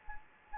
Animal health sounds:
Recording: mosquito wingbeat signal from an infrared sensor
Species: Anopheles gambiae

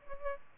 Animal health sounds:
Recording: mosquito wingbeat signal from an infrared sensor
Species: Aedes albopictus

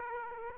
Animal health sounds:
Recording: mosquito wingbeat signal from an infrared sensor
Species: Aedes aegypti

